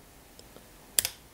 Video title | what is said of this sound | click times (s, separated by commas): Mini drill grinder for mobile phone repairing to remove cut IC covering shield WLXY WL-800 review | ये देखिए अब ये lock हो गया | 1.0 s